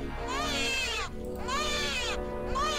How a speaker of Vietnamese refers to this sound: nó há miệng ra gằn lên từng tiếng, lẫn trong cái tiếng trẻ con sơ sinh khóc đến rợn cả người.